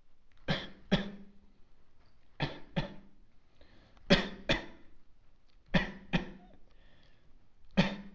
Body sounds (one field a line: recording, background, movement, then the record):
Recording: voluntary coughing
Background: quiet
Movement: sitting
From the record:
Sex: male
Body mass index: 23.7 kg/m2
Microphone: on the chest, facing outward